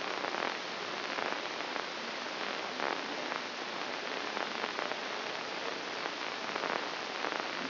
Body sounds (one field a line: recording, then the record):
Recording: brain microelectrode recording played as sound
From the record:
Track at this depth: inside the subthalamic nucleus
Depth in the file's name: 6.305 mm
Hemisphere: left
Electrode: 2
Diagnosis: Parkinson's disease